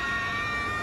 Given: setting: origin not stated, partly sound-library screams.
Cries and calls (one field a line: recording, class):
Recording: one-second piece from a danger detection set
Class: woman in danger